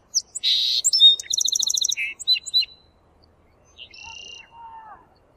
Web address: Yosemite sounds 025 birds cars curry meadow